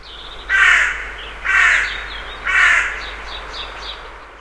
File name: Corvus cornix